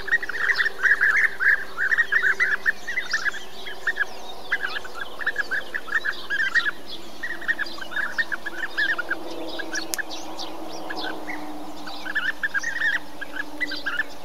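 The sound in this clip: Bee-eater calls: dense bursts of liquid, rolling notes that pause briefly and resume, over a soft steady hum.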